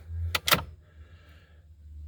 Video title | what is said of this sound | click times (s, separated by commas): Ram TRX oil change, incognito, and sway bar revisit part 2 | you pull it now it will go and park you'll hear it snap in | 0.4 s